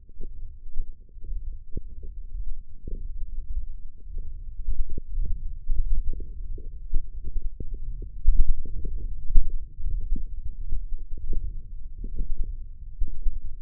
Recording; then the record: forearm muscle sounds (acoustic myography)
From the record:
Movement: ulnar deviation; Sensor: system 1, eight BSWA MPA416 microphones around the upper forearm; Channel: 5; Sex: female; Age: 21 years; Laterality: right